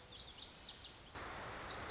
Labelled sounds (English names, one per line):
Lazuli Bunting